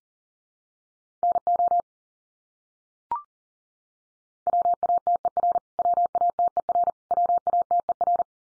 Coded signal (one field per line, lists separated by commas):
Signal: Morse code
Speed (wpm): 40 wpm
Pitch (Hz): 700 Hz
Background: none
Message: NO WATER WATER WATER